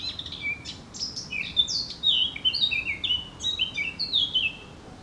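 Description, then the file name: Eurasian blackcap song, continuous rapid warbling of varied high, slurred notes running throughout. "Sylvia atricapilla"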